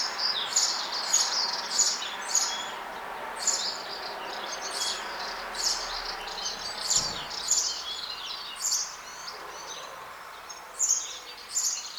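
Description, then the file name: House sparrow chirping: short, bright chirps repeated irregularly, in bursts with brief pauses, over a faint steady background hiss. "Passer domesticus"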